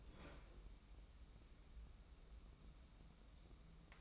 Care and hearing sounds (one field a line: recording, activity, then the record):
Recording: daily activity, microphone in the room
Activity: open fridge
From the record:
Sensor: 1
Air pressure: 994.5 hPa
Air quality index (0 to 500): 221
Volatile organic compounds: 1000 ppm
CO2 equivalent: 7932 ppm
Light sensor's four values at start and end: 150/344/154/171 and 150/345/155/171